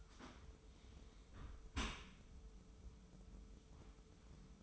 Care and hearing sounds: daily activity, microphone in the room; close dishwasher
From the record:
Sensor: 1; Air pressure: 995.7 hPa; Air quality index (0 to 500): 56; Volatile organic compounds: 2 ppm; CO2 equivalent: 1081 ppm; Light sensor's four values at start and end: 31/108/42/43 and 31/108/41/43

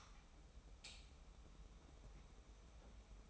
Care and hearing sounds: daily activity, microphone in the room; light on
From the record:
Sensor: 1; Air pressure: 991.0 hPa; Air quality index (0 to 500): 109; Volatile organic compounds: 103 ppm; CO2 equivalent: 3776 ppm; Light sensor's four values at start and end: 23/51/22/24 and 26/66/27/29

